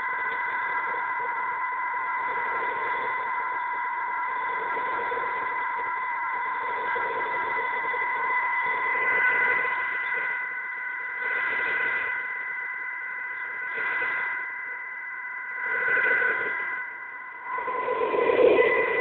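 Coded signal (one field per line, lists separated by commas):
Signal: fast PSK data mode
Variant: QPSK125 and BPSK125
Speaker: let's increase the speed again qpsk 125 will be centered on 1,000 HZ and bpsk 125 on 2000 HZ each is 200 words per minute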